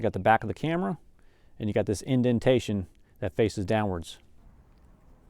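A rechargeable battery is handled at the battery bay on the back of a GoPro Hero 11 Creator Edition action camera, lined up with its indentation facing downward. Someone talks throughout, with quiet gaps between phrases. Nothing has seated or clicked yet.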